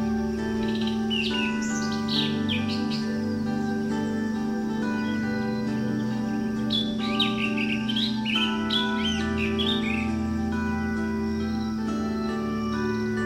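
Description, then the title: Bird song in quick bursts of chirps and warbled notes, with two busy spells around the second and eighth seconds, over a steady tonal hum throughout. "SuaraBurung Kicau"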